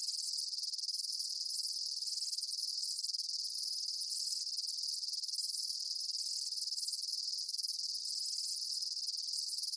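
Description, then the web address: Insects chirping in a dense, continuous high-pitched chorus, with a steady shimmering band and faint recurring pulses. Daytime insect ambience, chirping bugs outdoors. "Blastwave INSECTS Amb Day Insects"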